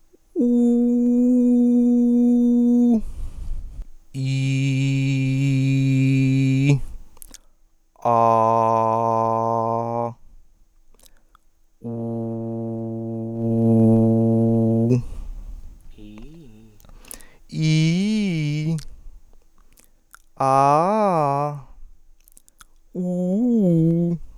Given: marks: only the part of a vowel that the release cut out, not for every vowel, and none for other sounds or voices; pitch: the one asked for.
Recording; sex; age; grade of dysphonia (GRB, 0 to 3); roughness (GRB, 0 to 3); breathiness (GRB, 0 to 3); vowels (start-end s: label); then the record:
sustained vowels; male; 20 to 29 years; 0; 0; 0
0.73-2.79 s: vowel /u/, high pitch
4.52-6.50 s: vowel /i/, low pitch
8.35-9.86 s: vowel /a/, low pitch
13.56-14.83 s: vowel /u/, low pitch
17.75-18.63 s: vowel /i/, low-high-low pitch
20.49-21.46 s: vowel /a/, low-high-low pitch
23.05-24.04 s: vowel /u/, low-high-low pitch
From the record:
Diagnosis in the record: healthy voice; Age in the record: 23 years